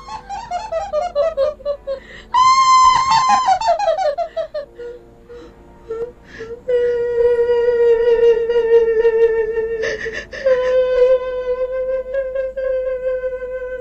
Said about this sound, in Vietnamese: Cô gái cười lên khành khạch, tiếng cười man dợ len lỏi trong màn đêm, xoáy sâu vào trong tâm trí, chạm đến tận cùng của nỗi sợ.